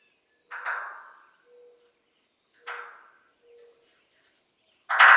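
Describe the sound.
Yellow-bellied sapsucker giving nasal, mewing, downslurred calls, two spaced about two seconds apart. A faint low tone follows each call, and a loud harsh burst comes at the end.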